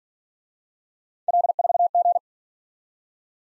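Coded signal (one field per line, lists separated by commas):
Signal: Morse code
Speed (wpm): 46 wpm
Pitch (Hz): 700 Hz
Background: none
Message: L4G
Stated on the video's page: Speed-racing Morse practice of three-character letter-number combinations, starting fast and slowing to a 40 wpm base, with a final repeat at maximum speed.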